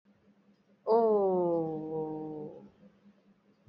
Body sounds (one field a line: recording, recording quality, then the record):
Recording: sustained vowel as in boot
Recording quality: excellent, no background noise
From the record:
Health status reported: healthy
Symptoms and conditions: none ticked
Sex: female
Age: 34 years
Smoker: not ticked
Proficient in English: yes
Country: India